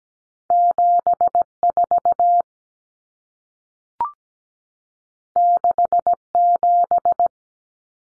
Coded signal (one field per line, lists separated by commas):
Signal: Morse code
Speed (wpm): 17 wpm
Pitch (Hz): 700 Hz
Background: none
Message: 74 67